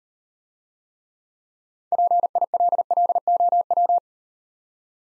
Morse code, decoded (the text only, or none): PILLOW